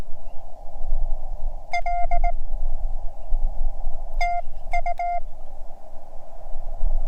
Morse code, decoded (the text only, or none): L TU